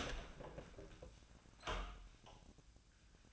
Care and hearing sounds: daily activity, microphone in the room; open door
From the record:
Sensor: 2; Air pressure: 1009.1 hPa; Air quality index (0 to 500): 186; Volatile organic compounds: 3 ppm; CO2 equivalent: 1354 ppm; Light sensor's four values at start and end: 30/79/33/35 and 30/80/34/36

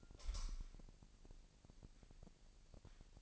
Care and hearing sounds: daily activity, microphone in the room; light on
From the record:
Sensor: 5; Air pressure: 1002.0 hPa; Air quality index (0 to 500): 234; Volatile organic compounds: 35 ppm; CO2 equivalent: 3061 ppm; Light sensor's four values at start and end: 16/37/15/17 and 16/39/16/17

